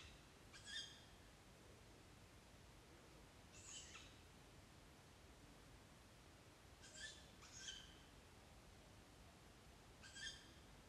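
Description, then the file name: Tawny owl giving harsh, short screechy calls, five in all at irregular intervals, over a steady low background hiss. "kattugle"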